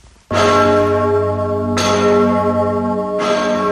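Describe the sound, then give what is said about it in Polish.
The six-tonne St. Wojciech bell, the largest bell in Gniezno, Poland, tolls three times at an even, slow pace on the name day of Saint Wojciech, patron of Gniezno, each deep, loud strike blooming into long humming overtones that overlap the next. No voices are heard. “To największy gnieźnieński Wojciech, sześciotonowy dzwon, święty Wojciech, który podobnie jak wawelski Zygmunt odzywa się tylko na specjalne okazje, chociażby takie jak imieniny świętego Wojciecha, patrona Gniezna.”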